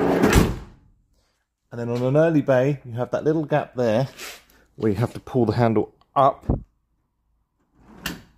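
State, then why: Seated. On an early-bay Volkswagen Kombi van with the sliding door slid shut, the metal door handle is pulled up through the small gap so the lock mechanism engages. Someone talks, then a short, sharp click at 8.1 s marks the sliding door handle clicking into its locked position.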